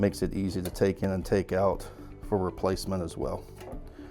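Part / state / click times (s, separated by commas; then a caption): paper separator pad into a paper folder's feed mount / not seated / none. Someone talks over background music while the spring-loaded paper separator pad of a paper folder is handled at its small mounting disc on the feed mount, taken in and out for replacement. Nothing has seated or clicked into place yet.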